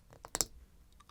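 A clear acrylic side panel of a miniature arcade cabinet kit is pressed by hand into the cabinet frame, and its tabs snap into their slots. Two sharp plastic clicks land close together at about 0.4 s, with fainter taps before and after. The panel locks firmly into place.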